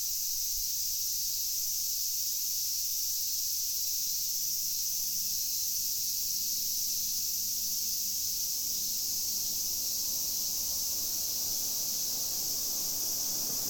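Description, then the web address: Cicada drone, shrill and unbroken, running at an even level for the whole stretch. Recorded in a university parking lot in Fukushima on 12 August 2011. "fukudai parking cicada at parking 0812"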